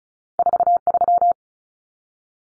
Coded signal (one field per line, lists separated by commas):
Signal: Morse code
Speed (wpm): 34 wpm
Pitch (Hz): 700 Hz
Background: none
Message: 43